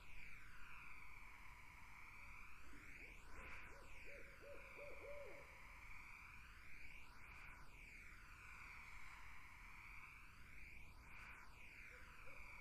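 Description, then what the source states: Barred owl giving a rapid burst of bouncing, arched hoots, then a faint hoot near the end, over a constant whooshing hiss. Barred owls in a summer wetland.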